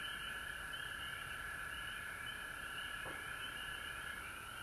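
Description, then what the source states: Frog chorus of continuous overlapping trills, one steady mid-pitched band with faster pulsed notes above. Recorded at home in Georgia on March 19, 2020.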